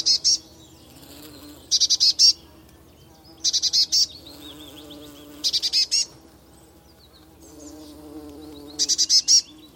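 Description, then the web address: Eurasian blue tit repeating short bursts of rapid buzzy high notes, several bursts a few seconds apart, over a low background hum. "Deverinetal Bird Only Cy Ca"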